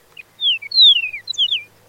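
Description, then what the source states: Chihuahuan Meadowlark song, a crisp sequence of high whistled notes sliding downward, ending with a few quick bright slurs; clean with no other sounds. Song described as distinctive; song differences may keep it from interbreeding with other meadowlarks; lives in desert grasslands of Mexico and the southwestern United States; recognized as distinct species in 2022.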